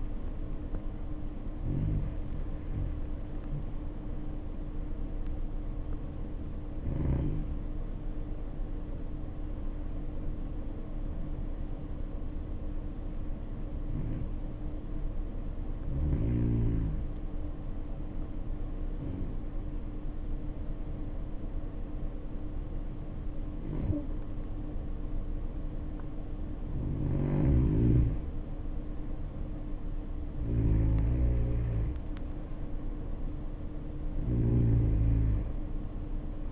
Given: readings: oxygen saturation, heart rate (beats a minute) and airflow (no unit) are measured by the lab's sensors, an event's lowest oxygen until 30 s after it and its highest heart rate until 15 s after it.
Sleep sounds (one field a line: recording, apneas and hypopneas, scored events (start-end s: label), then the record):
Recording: breathing in sleep by a smartphone at the bedside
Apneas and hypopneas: 1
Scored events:
15.00-31.70 s: hypopnea (N1, oxygen 95% highest, then 90% lowest, heart rate 57 at the start, 66 highest)
From the record:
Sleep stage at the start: N1 (lightest sleep)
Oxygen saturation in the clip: 93 to 96%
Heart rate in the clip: 56 to 64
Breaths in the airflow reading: 10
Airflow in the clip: -7.1 to 5.9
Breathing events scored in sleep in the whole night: 520 in 7.2 hours asleep